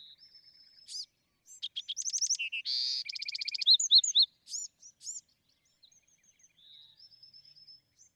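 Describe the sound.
Bewick's wren song: a thin whistle, then a fast mix of trills, a loud buzz and sweeping notes, ending in soft whistled tones.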